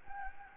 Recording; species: mosquito wingbeat signal from an infrared sensor; Anopheles gambiae